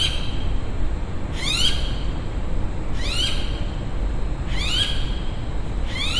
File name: zapsplat public places uni recreation area ext quite few people birds eve brisbane